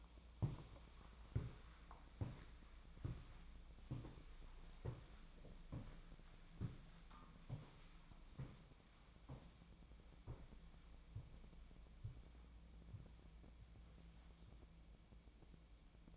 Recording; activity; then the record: daily activity, microphone in the room; walk to room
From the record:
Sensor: 1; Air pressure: 1010.1 hPa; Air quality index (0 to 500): 185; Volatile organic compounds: 16 ppm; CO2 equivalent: 2545 ppm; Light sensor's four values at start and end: 25/58/26/30 and 37/96/40/49